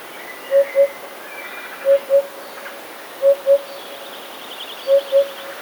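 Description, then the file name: Eurasian hoopoe song, four pairs of low, mellow 'oop-oop' notes spaced over a second apart. "dudek"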